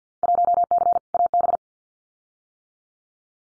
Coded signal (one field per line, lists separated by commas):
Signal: Morse code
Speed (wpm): 50 wpm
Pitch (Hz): 700 Hz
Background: none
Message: 1C AB